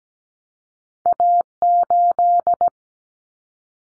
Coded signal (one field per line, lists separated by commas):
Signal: Morse code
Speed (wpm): 17 wpm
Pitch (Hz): 700 Hz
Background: none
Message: A8